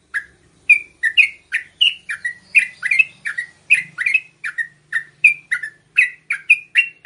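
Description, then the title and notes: Yellow-vented bulbul pouring out many rapid, emphatic chirps, closely spaced and steady throughout. Master recording used for training captive birds; song styles named tembakan and ropel. "MASTERAN Trucukan Tembakan Dan Ropel. BURUNG TRUCUKAN"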